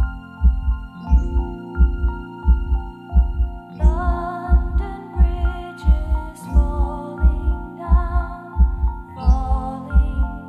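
A steady, regular adult heartbeat at about 88 beats per minute, with the tune London Bridge played softly over it as a lullaby for helping a baby sleep.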